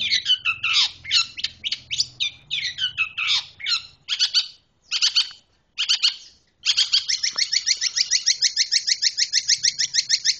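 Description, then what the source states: Long-tailed shrike song: varied scratchy phrases and short pauses, then a long fast run of repeated chattering notes, with a low hum under the first part. Combination of song trends (kombinasi tren) compiled for training pet long-tailed shrikes.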